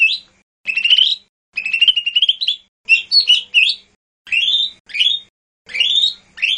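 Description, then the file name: Lesser green leafbird song: buzzy rattling phrases and sweet rising slurred notes, delivered in short bursts with brief pauses between them. "audio-cucak-hijau-mini-1-omkicau"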